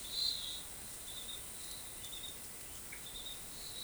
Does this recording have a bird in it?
no